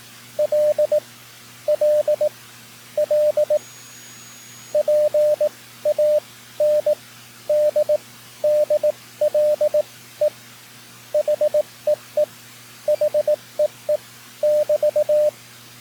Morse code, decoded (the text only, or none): L L L PANDDLE HEE HEE <BT>